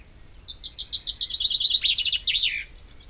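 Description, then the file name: Common chaffinch delivering one complete song: a bright, fast run of descending notes rising in intensity and ending in a crisp, emphatic flourish. "Fringilla coelebs"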